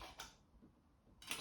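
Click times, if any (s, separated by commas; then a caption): 1.2 s, 1.3 s. A component of an OEX Tacana camping stove set is slotted into its mating part with a metallic clatter. A brief clink is heard near 0.2 s, then it clicks into place at 1.2 s and 1.3 s. It is seated and not going anywhere.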